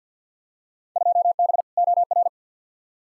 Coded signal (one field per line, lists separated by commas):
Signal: Morse code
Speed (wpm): 50 wpm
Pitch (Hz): 700 Hz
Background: none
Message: 2B OR